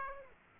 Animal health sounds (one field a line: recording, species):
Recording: mosquito wingbeat signal from an infrared sensor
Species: Aedes aegypti